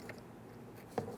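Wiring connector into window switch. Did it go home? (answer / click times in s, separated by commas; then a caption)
no / none. A wiring connector is lined up by its locking tab and pressed toward the window switch of a 2013-2020 Ford Fusion front door. Two short, soft handling taps are heard at about 0.1 s and 1.0 s over low background noise. Nothing has seated or clicked yet.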